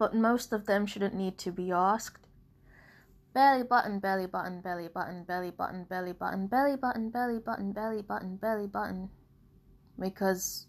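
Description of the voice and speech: Adult woman speaking, breaking off mid-sentence after a pause into a burst of vocal tics: the words "belly button" repeated about nine times in rapid succession, followed by a pause before ordinary speech resumes. Tourette syndrome vocal tics; her Tourette's has progressed to learned words that are unintentional and unrelated to what she is saying.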